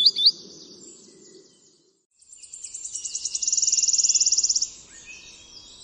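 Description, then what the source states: Wood Warbler song: thin high ticks speeding up into a fast, bright, shivering trill. Wood warbler trilling while it danced on the branches in front of the recordist as it sang.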